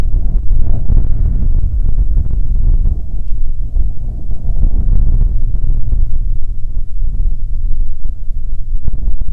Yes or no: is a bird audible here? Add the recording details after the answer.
no. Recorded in the Prudhoe Bay oil fields, Alaska, on 31 July 2019 at 13:52. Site 14